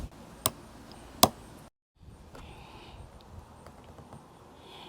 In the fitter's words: go in, and when they go in, you'll hear them snap in. They'll click.